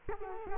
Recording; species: mosquito wingbeat signal from an infrared sensor; Culex quinquefasciatus